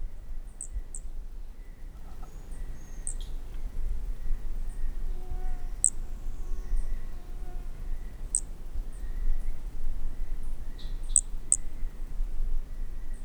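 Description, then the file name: Pumpkin toadlet giving sharp, very high clicking notes, singly or in small groups throughout, with soft drawn-out whistles and a constant low hiss behind. Unidentified Brachycephalus species, recorded at Corcovado on 18 December 2017, MHNCI collection. "MHNCI Brachy sp ind 5 soh final Corcovado 18 dez 2017 MRB"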